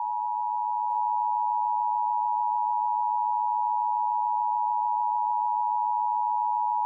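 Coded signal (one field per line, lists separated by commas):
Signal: Emergency Alert System (SAME) tones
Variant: 853 and 960 Hz attention tone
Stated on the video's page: Fictional EAS scenario of an April Fools serial killer in Arizona; fake, not for broadcast.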